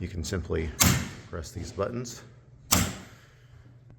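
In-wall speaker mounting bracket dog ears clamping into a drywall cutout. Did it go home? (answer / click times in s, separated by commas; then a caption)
yes / 2.7 s. Someone talks while pressing the buttons on an in-wall speaker mounting bracket set in a cut drywall hole. At 2.7 s the spring dog ears engage with a sharp snap, clamping the bracket into the drywall cutout so it sits snug.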